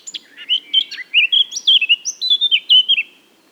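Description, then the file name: Eurasian blackcap song, a fast run of rich whistled notes in a continuous phrase lasting about three seconds. "Sylvia atricapilla"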